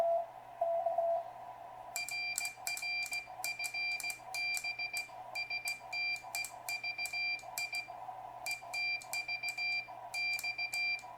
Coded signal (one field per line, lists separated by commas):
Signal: Morse code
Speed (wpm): 16 wpm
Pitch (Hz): 2350 Hz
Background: none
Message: RR FB STEVI ETV X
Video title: WA3JJT QSO on 40 CW Homebrew Rig